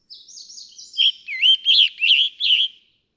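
Scarlet tanager singing: thin, high slurred notes lead into five raspy, burry phrases given in quick succession.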